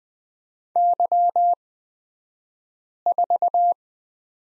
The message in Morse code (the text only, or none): Y4